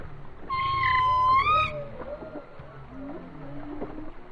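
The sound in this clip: Whale song: a high, clear whistled tone held and rising at the end, followed by faint wavering lower moans over a hissy background.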